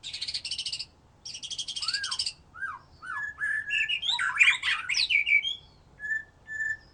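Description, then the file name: White-rumped shama song starting with buzzy trilled bursts, then clear rising-falling whistles and a jumble of sharp varied notes ending in short whistles. "murai batu"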